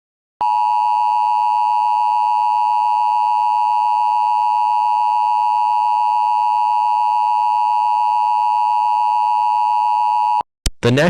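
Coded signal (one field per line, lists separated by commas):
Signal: Emergency Alert System (SAME) tones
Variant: 853 and 960 Hz attention tone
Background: speech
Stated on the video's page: Mock EAS tornado warning, simulated rather than a real broadcast alert.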